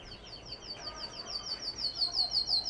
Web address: sounds canary canary-sound